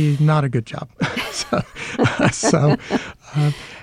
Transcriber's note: laughter